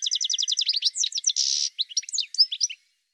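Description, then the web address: Bird song opening with an even rapid trill, followed by varied sweeping notes, a short harsh buzz and a few last chirps before silence. "cianscape birddata"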